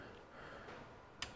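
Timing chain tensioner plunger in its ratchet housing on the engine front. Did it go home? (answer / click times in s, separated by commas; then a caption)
yes / 1.2 s. The spring-loaded timing chain tensioner plunger in its ratchet housing on the front of a Ferguson 23C diesel tractor engine is levered out. It gives a short, sharp little click at 1.2 s as it seats, locking at the next ratchet detent and taking up slack from chain wear. Before the click there is only a low, steady background.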